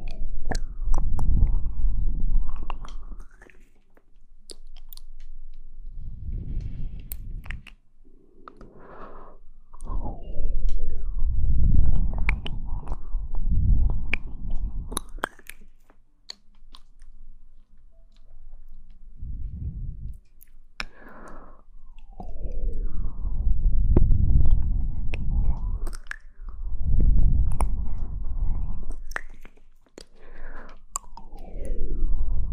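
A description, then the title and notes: Wet mouth sounds of chewing and biting come in uneven bursts with brief pauses, low and fleshy, with occasional sharp clicks. Mouth Sounds.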